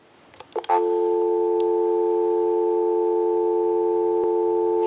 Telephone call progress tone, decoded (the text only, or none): dial tone